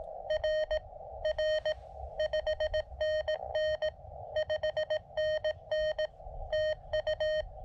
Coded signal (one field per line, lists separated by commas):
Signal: Morse code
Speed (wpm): 17 wpm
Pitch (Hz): 620 Hz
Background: none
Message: R R 5NN 5NN TU